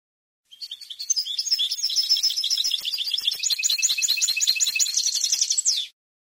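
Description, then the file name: European goldfinch song, a fast tinkling jumble of high twittering notes and trills lasting about five seconds, with no other sounds. "suara burung chardonneret atau goldfinch eropa om kicau"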